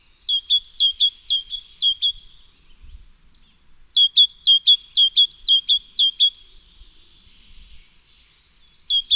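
Great tit giving bursts of rapid, bright double chirps separated by a softer twittering passage, with a brief low thump early on.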